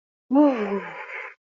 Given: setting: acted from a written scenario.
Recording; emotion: vocal sound without words; relief